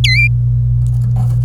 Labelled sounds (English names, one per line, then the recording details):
Domestic Canary song
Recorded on 26 April 2018 at 08:19
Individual llb3